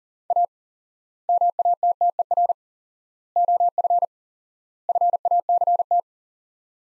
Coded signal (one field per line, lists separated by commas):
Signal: Morse code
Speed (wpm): 40 wpm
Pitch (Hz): 700 Hz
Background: none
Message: A MATTER OF FACT